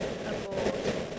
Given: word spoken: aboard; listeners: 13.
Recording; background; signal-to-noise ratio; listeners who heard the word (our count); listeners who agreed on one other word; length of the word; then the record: one English word in noise, from a listening test; noise modulated by three-talker babble; -7.9 dB; 6 of 13; 6 of 13; 0.79 s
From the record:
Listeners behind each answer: 6, 6, 1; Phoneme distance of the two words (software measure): 10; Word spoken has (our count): 2 syllables, 4 phonemes, stress on syllable 2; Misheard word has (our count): 2 syllables, 4 phonemes, stress on syllable 2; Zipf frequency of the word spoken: 4.11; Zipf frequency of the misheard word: 2.92